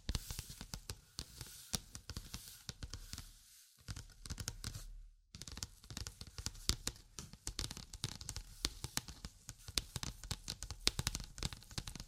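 Dense tapping and scratching: rapid, irregular sharp clicks and taps crowd the clip, bright and crisp with some low thumps underneath. Around four to five seconds the taps thin out to a softer sustained scratching, then the busy tapping resumes until the end.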